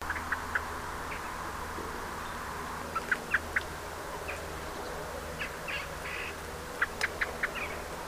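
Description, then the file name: Common blackbird calls: sharp, clicking chips given singly and in short clusters of two or three, scattered irregularly over a steady low hum. "Turdus merula"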